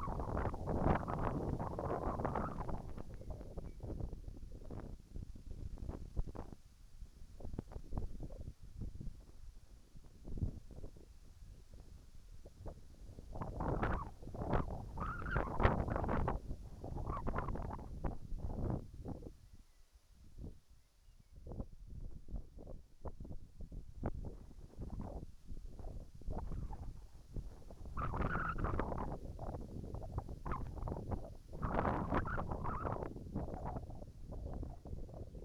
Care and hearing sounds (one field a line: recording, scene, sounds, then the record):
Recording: everyday scene through a hearing-aid microphone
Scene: wind on the microphone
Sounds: wind, whistling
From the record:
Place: in front of a rural house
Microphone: behind the ear, right, rear